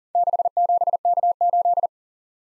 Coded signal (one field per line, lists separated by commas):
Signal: Morse code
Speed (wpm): 40 wpm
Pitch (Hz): 700 Hz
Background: none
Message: 67K8